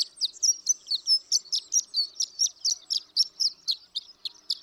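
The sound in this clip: Horned lark song of high, clipped chirps and thin whistles in a quick, slightly uneven run.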